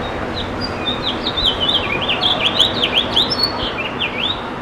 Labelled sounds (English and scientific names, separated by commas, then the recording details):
House Finch (Haemorhous mexicanus) song
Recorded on Long Island, New York, on 7 June 2012
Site GP
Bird A